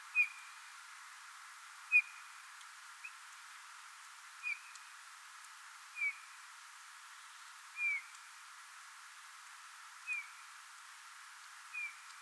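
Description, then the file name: Eurasian bullfinch calls: soft, piping, slightly falling whistles, eight in all, repeated every one to two seconds against a quiet background. "Pyrrhula pyrrhula"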